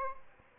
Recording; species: mosquito wingbeat signal from an infrared sensor; Aedes albopictus